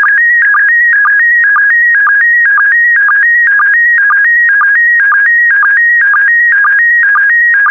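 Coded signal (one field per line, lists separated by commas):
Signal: SSTV (slow-scan television)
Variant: PD120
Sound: steady warbling tone stepping between two pitches, clicking lower blip about twice a second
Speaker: complete. You can now check your decoded image against the picture that is shown on the video.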